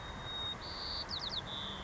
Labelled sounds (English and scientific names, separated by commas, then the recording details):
White-crowned Sparrow (Zonotrichia leucophrys)
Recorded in Sonoma County, California